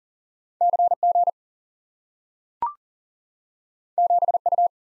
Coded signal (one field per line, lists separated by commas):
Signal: Morse code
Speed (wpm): 39 wpm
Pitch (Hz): 700 Hz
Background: none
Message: CG 7U